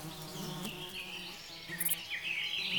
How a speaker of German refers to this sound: Die Bienen fliegen zu den Blumen.